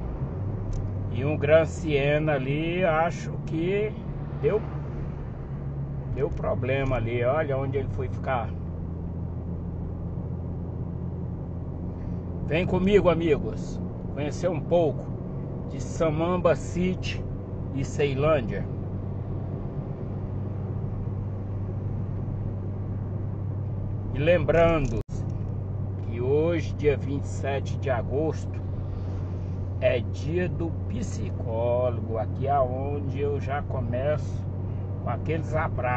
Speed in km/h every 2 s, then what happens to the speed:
58, 56, 53, 49, 50, 51, 53, 54, 56, 57, 58, 58, 57, 55, 55, 55, 56, 57.
0-6 slows to 49. 6-19 speeds up to 58. 19-36 steady at about 56.